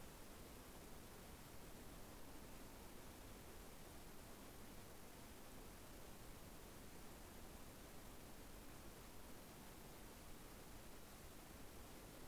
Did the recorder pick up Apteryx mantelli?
no